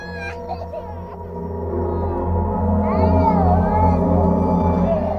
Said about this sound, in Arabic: نفس اليوم بالليل كنت قاعدة بتفرج على التلفزيون، وبدون مقدمات سمعت بكاء طفل.